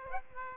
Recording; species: mosquito wingbeat signal from an infrared sensor; Aedes aegypti